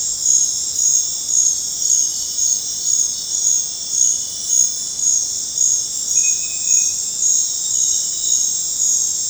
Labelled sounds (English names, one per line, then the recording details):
none
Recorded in dense forest near Puerto Asís, Putumayo, Colombia, on 26 December 2024 at 21:30
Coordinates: 0.468, -76.322
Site G071